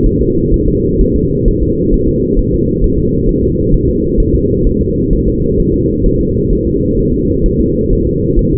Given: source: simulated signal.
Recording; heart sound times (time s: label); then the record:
fetal heart sounds
0.06 s: S1
0.21 s: S2
0.54 s: S1
0.68 s: S2
1.01 s: S1
1.16 s: S2
1.48 s: S1
1.62 s: S2
1.94 s: S1
2.08 s: S2
2.39 s: S1
2.54 s: S2
2.84 s: S1
2.98 s: S2
3.29 s: S1
3.43 s: S2
3.74 s: S1
3.89 s: S2
4.20 s: S1
4.35 s: S2
4.67 s: S1
4.81 s: S2
5.13 s: S1
5.28 s: S2
5.60 s: S1
5.74 s: S2
6.06 s: S1
6.21 s: S2
6.53 s: S1
6.67 s: S2
6.99 s: S1
7.14 s: S2
7.46 s: S1
7.60 s: S2
7.93 s: S1
8.07 s: S2
8.39 s: S1
8.53 s: S2
From the record:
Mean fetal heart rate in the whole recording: 130 bpm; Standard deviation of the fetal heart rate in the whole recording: 4 bpm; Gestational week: 38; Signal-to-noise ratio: -10.2 dB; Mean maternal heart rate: 72 bpm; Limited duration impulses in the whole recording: present